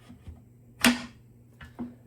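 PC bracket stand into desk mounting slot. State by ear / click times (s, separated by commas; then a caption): seated / 0.9 s. A PC bracket stand is located in the mounting slot under a Secretlab Magnus Pro desk and pushed back until it clicks. A sharp, loud click comes at 0.9 s, followed by two fainter knocks around 1.6 s and 1.8 s. The stand is seated and locked in position.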